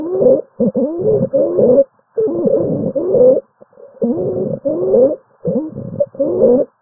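Repeated harsh, high-pitched, whistling, crowing inspiratory breath sounds in a child at about 40 breaths a minute, with silent gaps between breaths. This is stridor, a type of inspiratory wheeze from a narrowed upper airway, which can be caused by airway obstruction, croup or epiglottitis and requires medical intervention, often quickly.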